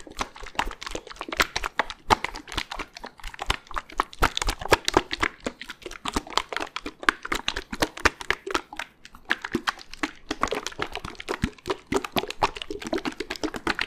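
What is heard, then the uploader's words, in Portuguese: Busy tapping and crinkly handling noises, with liquid and creamy sounds from bottles and jars. Sharp clicks come in rapid, uneven bursts throughout, with a brief lull near the nine-second mark, all with no talking. Sons Líquidos, Oleosos e Cremes + Aggressive Tapping [No Talking]. ASMR [No talking] com sons de água, óleos, garrafa de whisky e cremes densos e não densos.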